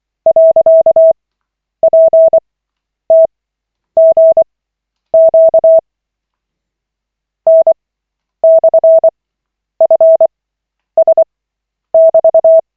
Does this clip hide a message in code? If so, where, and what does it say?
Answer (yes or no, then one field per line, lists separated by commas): yes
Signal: Morse code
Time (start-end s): 0.3-12.6 s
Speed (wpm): 24 wpm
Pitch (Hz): 650 Hz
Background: none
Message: .PTGQ N/FS<BT>